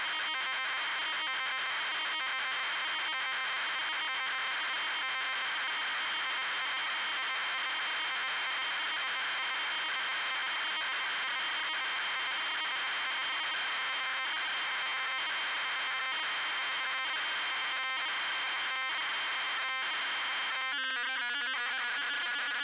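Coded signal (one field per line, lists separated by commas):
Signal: ZX Spectrum tape loading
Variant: Sinclair ZX Spectrum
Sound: harsh continuous buzzing data screech with rapidly shifting raspy tones, no clear lead tone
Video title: Green Beret Sinclair ZX Spectrum | Loading & Gameplay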